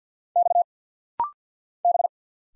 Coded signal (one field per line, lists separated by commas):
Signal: Morse code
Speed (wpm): 50 wpm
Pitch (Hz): 700 Hz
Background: none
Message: X B